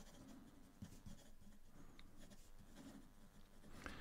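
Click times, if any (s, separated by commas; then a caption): 3.9 s. A cap is pushed onto the body of a plastic Jinhao 80 fountain pen amid soft scratchy handling sounds, and it snaps shut with a sharp click at 3.9 s. The cap is seated and closed.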